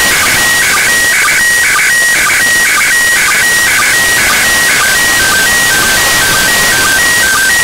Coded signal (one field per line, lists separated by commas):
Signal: SSTV (slow-scan television)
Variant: PD 120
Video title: ISS SSTV 2018/10/28 14 20 UTC